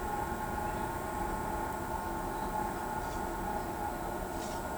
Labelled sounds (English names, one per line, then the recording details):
none
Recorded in pastures near Pivijay, Magdalena, Colombia, on 14 April 2023 at 09:00
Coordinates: 10.456, -74.369
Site P6-G026